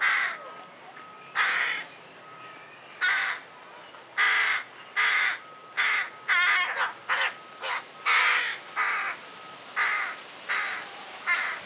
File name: Corvus corone